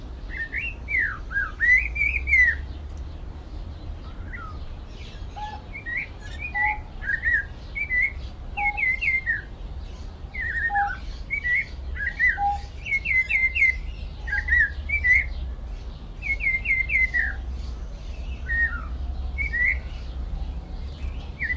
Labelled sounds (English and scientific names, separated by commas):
Vieillot's Barbet (Lybius vieilloti) call